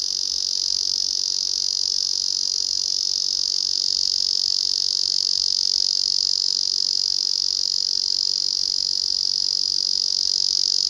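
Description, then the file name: Ezo cicada song, a sustained shrill buzzing tone droning on without a break, steady in pitch and volume throughout. "cicada ezozemi"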